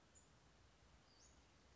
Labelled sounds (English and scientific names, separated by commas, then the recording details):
Western Flycatcher (Empidonax difficilis)
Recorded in Sonoma County, California